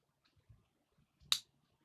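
A DJI Osmo Action camera is pushed onto its plastic quick-release mount. After a few soft, low handling bumps, one sharp, bright snap sounds at 1.3 s as the camera clips on and locks into place.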